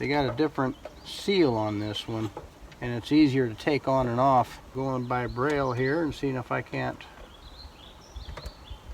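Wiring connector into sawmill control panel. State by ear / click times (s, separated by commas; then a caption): seated / 8.4 s. A wiring connector is plugged back into a Wood-Mizer Acuset sawmill control panel by feel, working blind, while someone talks. After the talking stops, a short, faint click at 8.4 s marks the connector seating.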